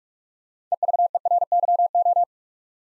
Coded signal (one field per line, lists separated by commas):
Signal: Morse code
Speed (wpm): 44 wpm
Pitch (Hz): 700 Hz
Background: none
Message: EVERYO